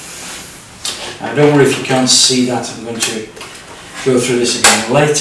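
A battery pack is slapped onto the body of a Fuji GX680 medium format camera, with a single sharp hit at 0.9 s as it snaps into place. Someone then talks over the rest of the clip. The battery is seated on the camera.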